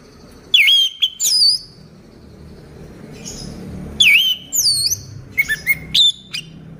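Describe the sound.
Orange-headed thrush song: varied whistled phrases, dropping and rising slurs mixed with quick high chips, given in two bursts separated by a quiet pause.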